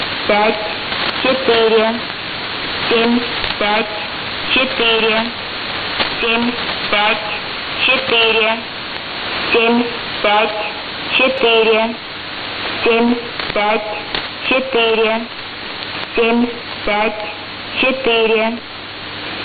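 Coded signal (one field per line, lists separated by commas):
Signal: numbers station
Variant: S06s Russian Lady, Russian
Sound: a female voice reads short, evenly spaced words through steady radio hiss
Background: radio static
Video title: 16 07 2019 S06s Russian Lady numbers station in Russian to Eu 1110 on 7560 unknown tx site USB+AM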